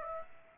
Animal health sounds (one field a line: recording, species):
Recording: mosquito wingbeat signal from an infrared sensor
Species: Aedes aegypti